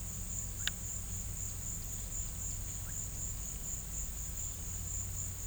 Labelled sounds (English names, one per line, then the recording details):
none
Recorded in pastures near Puerto Asís, Putumayo, Colombia, on 20 December 2024 at 16:00
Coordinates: 0.472, -76.329
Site G072